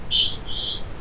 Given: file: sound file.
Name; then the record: kakapo Ching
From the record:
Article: Birdsong Denoising Using Wavelets